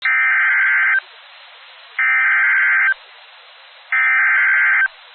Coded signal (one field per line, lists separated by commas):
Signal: Emergency Alert System (SAME) tones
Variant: header bursts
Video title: Severe Thunderstorm Warning (Yadkin County, NC) (8/1/25) [EAS #198]